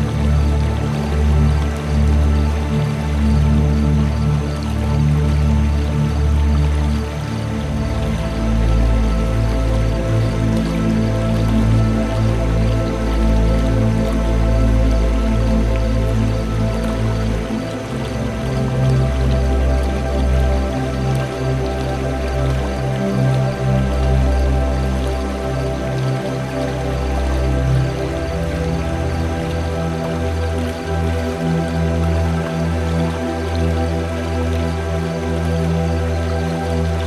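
Soft, sustained music with deep bass notes that shift every few seconds drifts over a steady trickle of flowing, dripping river water.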